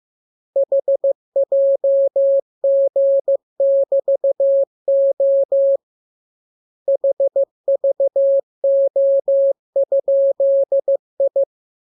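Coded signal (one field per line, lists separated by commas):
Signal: Morse code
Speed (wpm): 15 wpm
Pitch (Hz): 550 Hz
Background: none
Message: HJG<BT>O HVO?I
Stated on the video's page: Morse receiving lesson 32; radiogram opens with VVV and section sign, ends with AR.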